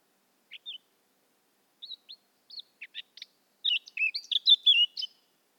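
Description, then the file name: Eurasian blackcap singing, a few quiet separated chips and twitters leading into a rich, rapid burst of loud fluty warbling. "Sylvia atricapilla"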